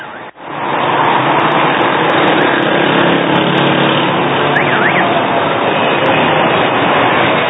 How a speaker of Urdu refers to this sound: بے ہنگم ٹریفک ہے, یہ بھی نہیں دیکھتے نابینا شخص کھڑا ہے, اس نے روڈ کراس کرنا ہے.